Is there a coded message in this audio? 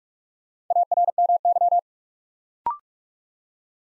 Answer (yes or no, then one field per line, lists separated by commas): yes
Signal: Morse code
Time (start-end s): 0.7-1.8 s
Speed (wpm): 41 wpm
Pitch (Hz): 700 Hz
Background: none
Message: ARMY